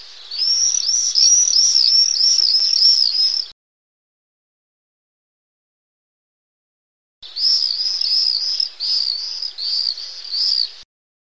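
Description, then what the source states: Common swift screaming in two long bursts of rapid, piercing, buzzy notes, with a silent gap between. A pair of swifts.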